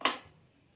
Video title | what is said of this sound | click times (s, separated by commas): Produk Unggulan Vaganza - Penjualan Sangat Produktif | Sampai bunyi | 0.1 s